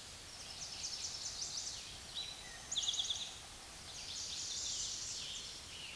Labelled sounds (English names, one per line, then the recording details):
Eastern Towhee song
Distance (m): 40 m
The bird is about 10 m above the microphone
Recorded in a Pennsylvania forest on 16 May 2024 at 06:13
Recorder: AudioMoth, point MSD-2376
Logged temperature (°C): 16.7 °C
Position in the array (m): 108 m, 6 m